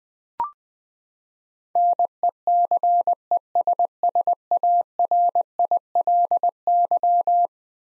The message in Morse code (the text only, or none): NECESSARILY